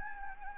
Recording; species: mosquito wingbeat signal from an infrared sensor; Anopheles gambiae